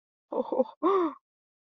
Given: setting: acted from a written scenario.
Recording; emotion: vocal sound without words; elation